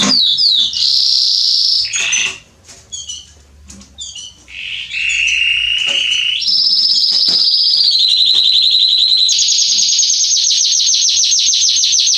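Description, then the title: Belgian canary song: a high trill, scattered chirps and a quiet gap, then long steady trills shifting in pitch and a fast high pulsing roll. Male Belgian canary singing a lot, used to warm up and train young canaries. "Canary Training Esquente Seu Filhote E Canario Belga Em 30 Minutos Macho Cantando Muito. CANTO DO CANRIO"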